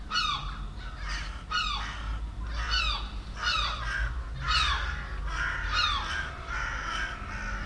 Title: Seagulls, Crows And Jackdaws (Den Haag, June 19th 2016)